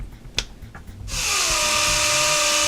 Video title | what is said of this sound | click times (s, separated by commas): Axial EXO Terra Buggy kit BUILD, part 10, body panels | so this is just going to kind of snap into place first | 0.4 s